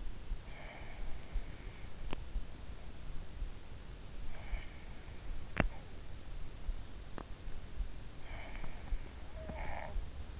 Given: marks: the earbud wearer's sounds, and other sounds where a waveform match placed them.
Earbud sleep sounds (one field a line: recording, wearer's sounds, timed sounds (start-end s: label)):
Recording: sounds in sleep by an in-ear microphone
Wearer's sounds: breath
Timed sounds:
0.00-2.12 s: breath
8.16-10.40 s: breath